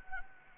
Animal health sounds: mosquito wingbeat signal from an infrared sensor; Anopheles gambiae

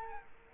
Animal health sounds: mosquito wingbeat signal from an infrared sensor; Culex quinquefasciatus

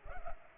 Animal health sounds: mosquito wingbeat signal from an infrared sensor; Culex pipiens

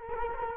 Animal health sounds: mosquito wingbeat signal from an infrared sensor; Culex quinquefasciatus

